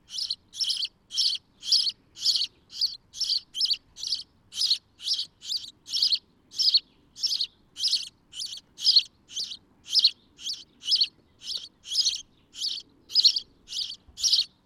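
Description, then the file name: House sparrow calling throughout, monotonous harsh chirps repeated rapidly with hardly a pause, no other notable sounds. "Passer domesticus"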